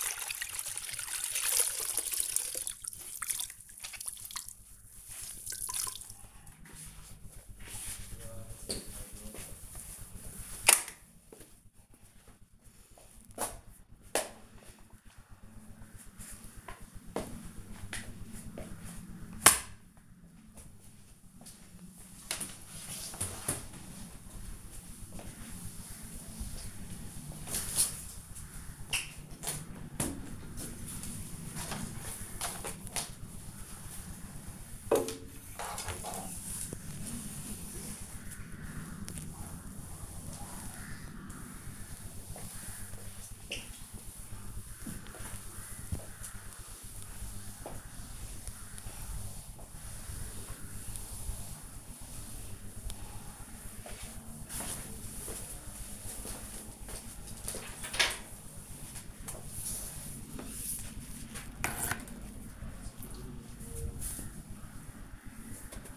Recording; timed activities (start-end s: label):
household activities, microphone on the right wrist
0.00-61.42 s: floor cleaning
34.28 s: note: voice